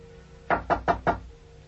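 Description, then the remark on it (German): Four firm, evenly spaced knocks on a door, sharp and fairly loud, rapping out in a quick steady rhythm over a faint background hum with no talking. “Es hat geklopft.”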